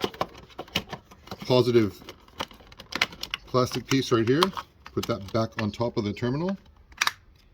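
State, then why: Seated. Someone talks while the plastic positive-terminal cover is pressed back over the terminal clamp on a Toyota RAV4's car battery, with light handling taps in between. Two sharp clicks at 7.0 and 7.1 seconds show the cover has snapped on and seated.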